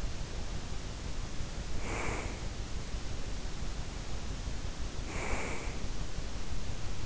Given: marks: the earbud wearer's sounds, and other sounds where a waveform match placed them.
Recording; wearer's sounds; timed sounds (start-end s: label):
sounds in sleep by an in-ear microphone; breath
1.46-2.63 s: breath
4.91-6.04 s: breath